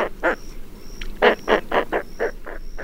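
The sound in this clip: Roseate Spoonbill giving low, rough grunting croaks in an uneven series of short bursts, with a faint thin high whistle in the background.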